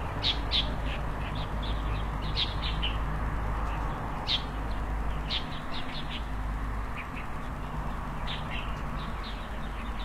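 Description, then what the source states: Birds chirping in quick clusters of sharp high notes, pausing and resuming, over a steady low hum. Birds frolicking on branches, early morning, in front of a rural country house, heard through an opened window; harmonious, quiet setting.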